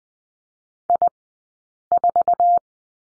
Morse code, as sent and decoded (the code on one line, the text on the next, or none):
.. ....-
I4